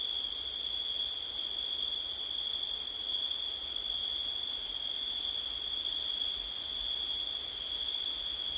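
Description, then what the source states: Crickets keep up a continuous shrill trill at a single steady pitch, even and unbroken from start to finish. Night in September, with wind.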